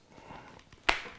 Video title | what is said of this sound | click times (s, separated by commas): SHOEI X14 Motorcycle Helmet Foam Adjustment for Road vs. Race Position | you snap these all in place | 0.9 s